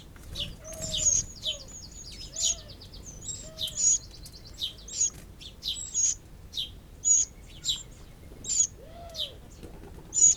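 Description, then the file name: Eurasian wren calls: sharp, very high notes in a quick irregular series, with a brief fast trill near the start and faint lower whistled notes underneath. "Troglodytes troglodytes"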